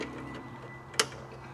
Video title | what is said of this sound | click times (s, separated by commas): Install a Mower Throttle Control | make sure it clicks in place like so there | 1.0 s